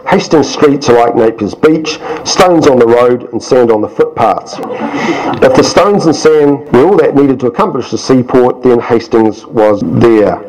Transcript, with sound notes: Hastings streets are like Napier’s beach – stones on the road and sand on the footpath.’ [Chuckles] If the stones and sand were all that was needed to establish a sea port, then Hastings was there.’